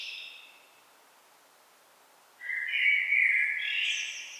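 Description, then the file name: Common blackbird: tail of a high twitter, a quiet pause, then a mellow fluted phrase climbing into squeaky high notes. "Turdus merula"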